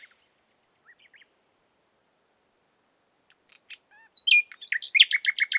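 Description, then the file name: Common nightingale song: a few faint scattered notes around a long pause, then a loud fast sequence of varied sharp notes ending in rapid repeated notes. "Luscinia megarhynchos"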